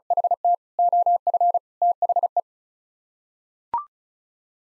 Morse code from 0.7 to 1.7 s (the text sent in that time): OF